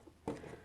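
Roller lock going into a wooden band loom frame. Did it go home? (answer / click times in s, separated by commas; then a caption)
yes / 0.3 s. A roller lock is pushed into place on a two-roller wooden ribbon loom (band loom) frame after the warp is tightened, so it holds the roller. There is one sharp pop at 0.3 s, and faint low background noise continues afterward. The lock seats.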